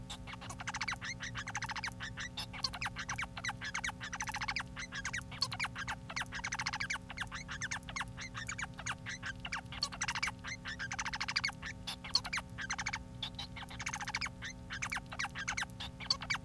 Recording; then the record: song of a male Bengalese finch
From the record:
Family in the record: son of father 4